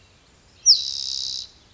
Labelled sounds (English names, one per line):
Spotted Towhee